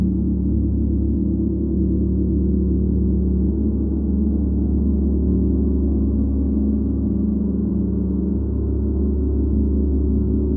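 A gong bath hums with a dense, steady wash of deep sustained tones that shimmer and beat slowly, never fading over the whole stretch.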